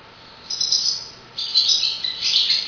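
Swallow twittering in two bursts of bright, high chirps, a short pause between them, with a faint steady hum underneath.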